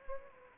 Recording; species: mosquito wingbeat signal from an infrared sensor; Anopheles arabiensis